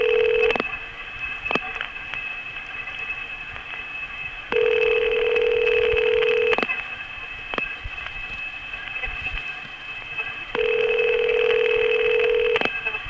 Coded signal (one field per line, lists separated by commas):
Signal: telephone call progress tone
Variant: North America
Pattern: ringback tone